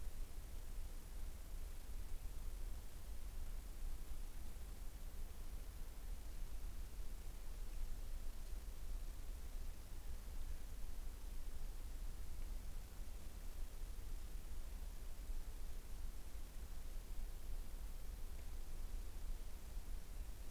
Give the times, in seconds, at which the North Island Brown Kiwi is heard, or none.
none